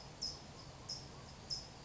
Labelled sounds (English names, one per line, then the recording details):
California Towhee
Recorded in Sonoma County, California